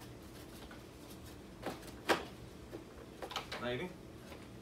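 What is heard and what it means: A part is worked into the fuselage of an E-flite Ultimate 3D foam RC airplane kit from Horizon Hobby while someone talks. Soft handling scrapes and knocks come through, with a sharper tap near 2.1 s and a quick cluster of small clicks around 3.2–3.5 s. The part has not seated or clicked into place yet.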